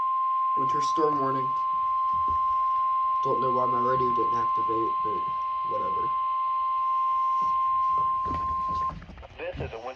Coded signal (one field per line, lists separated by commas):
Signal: Emergency Alert System (SAME) tones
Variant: 1050 Hz attention tone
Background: speech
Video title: DOUBLE HEADER- Winter Storm Warning (EAS #3-4)